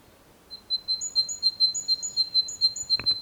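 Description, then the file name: Great tit giving a brisk series of high, piping notes that switch between two pitches, with a short click near the end. "Parus major"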